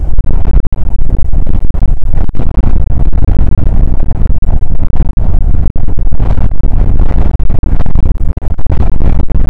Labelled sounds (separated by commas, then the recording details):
wind
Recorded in the Prudhoe Bay oil fields, Alaska, on 19 July 2019 at 00:02
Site 25